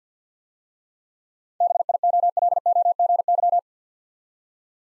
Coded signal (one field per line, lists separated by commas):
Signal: Morse code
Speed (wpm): 50 wpm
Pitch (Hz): 700 Hz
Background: none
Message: BIOLOGY